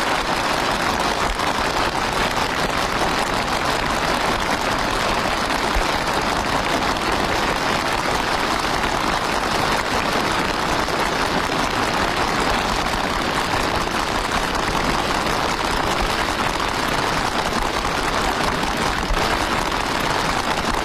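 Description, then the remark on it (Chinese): Long, thunderous applause from a large crowd of military officers and soldiers in a hall after Xi Jinping issued a training order in 2018, a dense, steady wash of clapping that holds at an even, loud level for about twenty seconds with no voices. “习近平发布训令后，全场响起长时间雷鸣般的掌声。”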